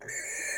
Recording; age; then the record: pig call; weaner (32 to 43 days)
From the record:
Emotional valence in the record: negative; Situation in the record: restrain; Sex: male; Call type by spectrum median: high-frequency call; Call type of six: mixed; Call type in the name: high-frequency stable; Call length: 0.58 s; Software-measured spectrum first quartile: 1818 Hz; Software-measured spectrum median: 3913 Hz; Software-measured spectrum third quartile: 7370 Hz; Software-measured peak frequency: 1786 Hz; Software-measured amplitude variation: 87 dB a second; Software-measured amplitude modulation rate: 26.8 a second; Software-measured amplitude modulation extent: 3.3 dB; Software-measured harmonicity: 2.4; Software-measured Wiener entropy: -3.45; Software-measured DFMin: 1261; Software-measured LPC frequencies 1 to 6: 575, 1765, 2186, 2333, 4231, 6351 Hz